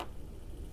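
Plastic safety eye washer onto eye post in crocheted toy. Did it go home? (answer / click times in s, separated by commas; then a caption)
no / none. A plastic safety eye washer is pressed down hard with both fingers onto the eye post of a crocheted toy, against a table through the crocheted fabric. A brief sharp sound comes at the very start, followed by low, steady background noise. Nothing has seated or clicked yet.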